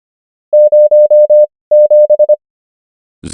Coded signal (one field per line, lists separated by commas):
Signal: Morse code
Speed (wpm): 25 wpm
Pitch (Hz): 600 Hz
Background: none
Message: 07